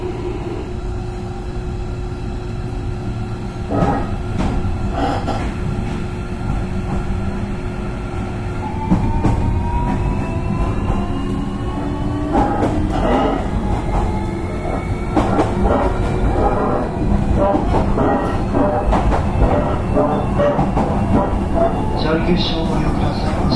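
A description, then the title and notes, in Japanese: Running sound of a 305 series electric train: a steady low rumble of wheels and motor with a constant hum throughout. Rising whine tones climb from about nine seconds as the train accelerates, with sharp clanks and rail joint knocks recurring, more frequently later. JR九州の305系電車の走行音です。直通の普通列車にて収録しました。区間は、筑前前原から天神までです。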